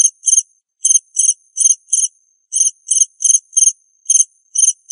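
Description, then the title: Cricket chirping in bright, rasping pulses in small groups, with short gaps between them. "suara Hujan Guntur Suara Jangkrik Dan Burung"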